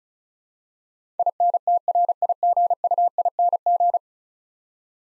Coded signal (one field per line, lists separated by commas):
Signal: Morse code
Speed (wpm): 36 wpm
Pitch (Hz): 700 Hz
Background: none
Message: INTRIGUING